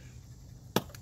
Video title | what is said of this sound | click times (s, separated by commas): HOW TO REPLACE YOUR DRIVER SIDE CATALYTIC CONVERTER ON YOUR 06 CADILLAC STS V6 | and then separate you hear a little snap pop and you see it is off | 0.8 s